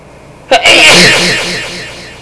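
A single adult sneeze heard at a distance: a short sharp inhaled catch followed by a loud hissing burst that fades over about a second and a half, with some room echo. An ordinary sneeze.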